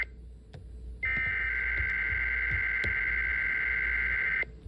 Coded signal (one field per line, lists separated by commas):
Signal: Emergency Alert System (SAME) tones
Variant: header bursts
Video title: EAS Alerts 6908-6961 During Spring Break From 04/13-19/25